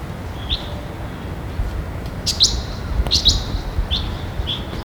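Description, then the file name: Red-billed leiothrix calls: a few short, high chirps at irregular intervals over steady low rumbling background noise. "sousityo"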